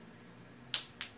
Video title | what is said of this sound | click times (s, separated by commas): Top Form Topper by Jon Renau in 6/33 and 12FS8 | click can you hear that click I hope you can | 0.7 s